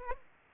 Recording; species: mosquito wingbeat signal from an infrared sensor; Aedes aegypti